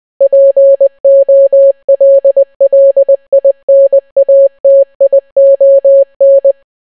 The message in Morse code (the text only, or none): POLLINATION